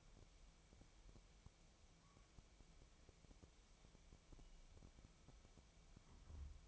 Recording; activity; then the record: daily activity, microphone in the room; wipe stove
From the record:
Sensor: 1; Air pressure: 1001.6 hPa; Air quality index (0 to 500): 218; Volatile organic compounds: 28 ppm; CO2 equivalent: 2904 ppm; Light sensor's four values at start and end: 7/28/10/11 and 7/28/10/11